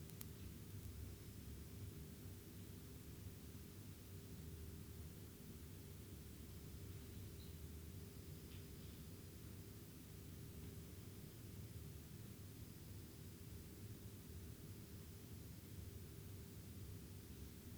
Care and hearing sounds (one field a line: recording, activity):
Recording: daily activity, guitar pickup as the sensor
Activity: lie down